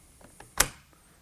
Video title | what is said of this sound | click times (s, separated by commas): Pedersen GY Garand Copy | Opens up, locks in place. | 0.6 s